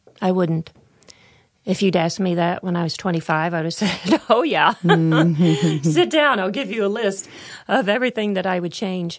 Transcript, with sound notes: I wouldn’t. If you’d asked me that when I was twenty-five, I would have said, “Oh yeah! (laughter) Sit down. I’ll give you a list of everything that I would change.”